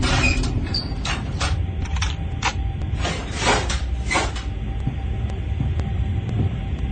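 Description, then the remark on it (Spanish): Fridge and cupboard doors being opened and emptied by a man in a house: a run of sharp clacks, thumps and rattles of items being shifted, loud and irregular, over a steady low hum, with no voices. “Abre la heladera, vacía las alacenas.”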